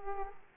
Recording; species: mosquito wingbeat signal from an infrared sensor; Aedes aegypti